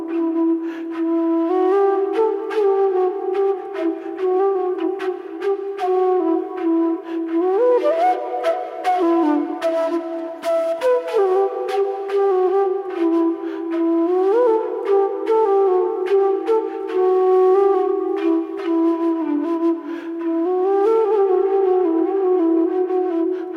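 Sound bath of steady, ringing low-mid tones with layered overtones that step up in pitch several times, over frequent light taps and clicks.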